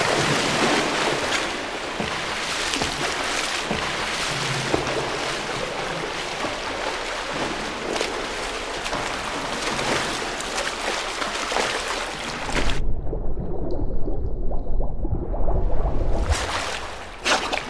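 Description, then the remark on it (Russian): Steady, hissing water splashing and churning for several seconds as a person swims, then the sound turns suddenly muffled and low, like being submerged underwater, as the swimmer does a somersault underwater, before the bright splashing briefly returns. “Делает под водой сальто.”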